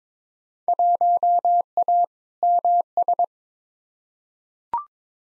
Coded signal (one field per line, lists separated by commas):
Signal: Morse code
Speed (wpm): 22 wpm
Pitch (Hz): 700 Hz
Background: none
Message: 1A MS